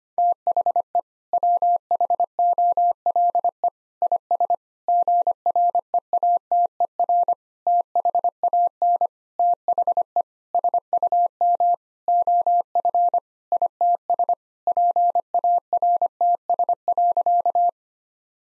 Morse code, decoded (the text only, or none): THE WHOLE IS GREATER THAN THE SUM OF ITS PARTS.